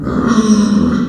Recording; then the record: squeal of a Yucatan mini pig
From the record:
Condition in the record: after surgery on the right vocal fold (resection and tissue-engineered implant); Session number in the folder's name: 7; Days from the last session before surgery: 47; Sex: female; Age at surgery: 19 weeks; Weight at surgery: 25 kg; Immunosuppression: prednisolone